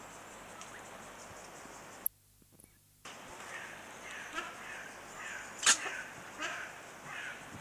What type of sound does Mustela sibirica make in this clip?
aggressive call